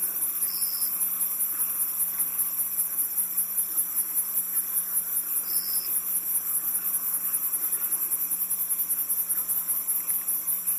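Cricket chirping: a thin, very high, continuous pulsing trill that runs the whole time, with two brief thin tones near the start and middle.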